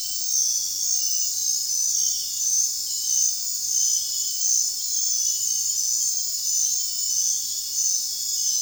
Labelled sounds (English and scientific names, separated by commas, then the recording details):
none
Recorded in dense forest near Puerto Asís, Putumayo, Colombia, on 22 June 2025 at 20:30
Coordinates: 0.466, -76.327
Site GP04